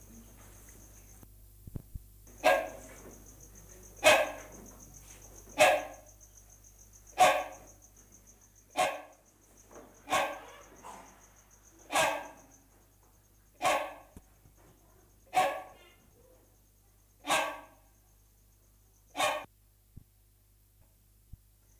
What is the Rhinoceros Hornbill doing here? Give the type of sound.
call